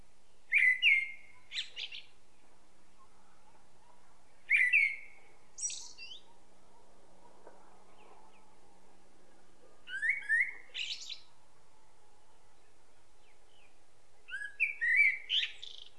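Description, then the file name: Common blackbird song, four phrases spaced several seconds apart, each a clear fluted whistle followed by sharp, high twittering notes; quiet between phrases. "Turdus merula"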